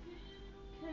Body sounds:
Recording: background sound without coughing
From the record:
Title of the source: BackgroundMusic3

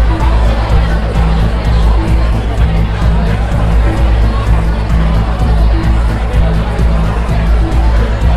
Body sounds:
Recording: background sound without coughing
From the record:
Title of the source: Party Noise 1 Hour Party Ambience

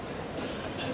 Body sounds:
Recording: coughing mixed with background sound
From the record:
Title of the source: Spring Cold Coughing.

